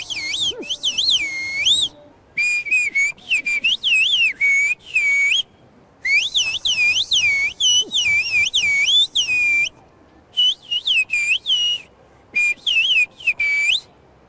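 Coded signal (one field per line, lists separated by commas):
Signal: whistled language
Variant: Turkish kuş dili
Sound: loud gliding whistles rising and falling between phrases, separated by short pauses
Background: faint background noise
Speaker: Bu yörede kullanılan sözcükler tekrarlanıyor aslında. Cümle kurulsa bile bu cümleler uzun cümleler değil. Hemen hemen yöredeki insanlara özgü cümleler.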